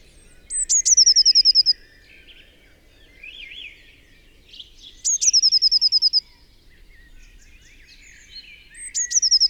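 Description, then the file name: Eurasian blue tit repeating a high-pitched trill roughly every four seconds, a sharp lead note followed by rapid ringing notes, while softer bird twitters sound in between. "Cyanistes caeruleus"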